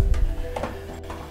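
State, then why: Not seated. A Brondell Swash SE400 bidet toilet seat unit is slid again onto its mounting plate lock on the toilet, with a steady tonal hum underneath and brief soft bumps around 0.1, 0.6 and 1.1 s. Nothing has clicked or seated yet, and the seat does not latch onto the plate.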